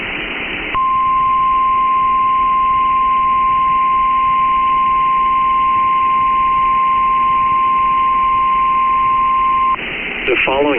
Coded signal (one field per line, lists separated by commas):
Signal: Emergency Alert System (SAME) tones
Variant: 1050 Hz attention tone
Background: speech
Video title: Special Marine Warning (12/25/25) [EAS #342]